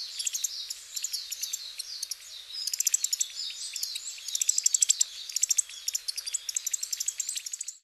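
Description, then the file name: Varied tit calls, busy high chirps and short rapid notes tumbling over one another in bursts, with sharp repeated ticks through the middle and near the end. Recorded in Hyogo, Japan, in June 2011. "yamagara 1106 hyogo kaji"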